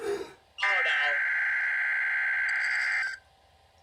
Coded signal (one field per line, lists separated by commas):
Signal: Emergency Alert System (SAME) tones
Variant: header bursts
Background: speech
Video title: EAS 6 KIH35 RWT [RADIO SET TO HIGHEST VOLUME]